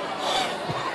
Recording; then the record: coughing mixed with background sound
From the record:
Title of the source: Spring Allergy Coughing